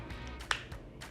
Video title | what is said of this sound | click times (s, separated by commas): Dji Osmo Mobile 6 Gimbal | You will hear the click sound. | 0.5 s